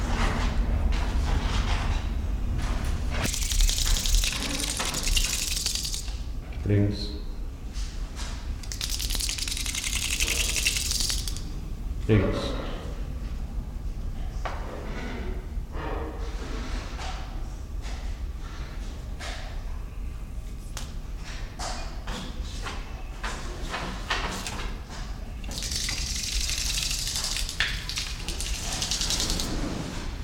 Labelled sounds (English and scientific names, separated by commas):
White-crowned Hornbill (Berenicornis comatus)